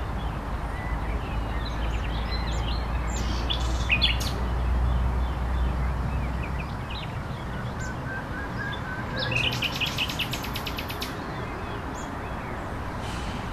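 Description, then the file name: Nightingale song in short bursts: a few sharp high notes, then a rapid, rattling trill of repeated notes, with a low steady rumble behind. La Vavrette, 14 May 2016; recorded on an MZ-N 710 recorder. "Rossignol la Vavrette 14 05 16"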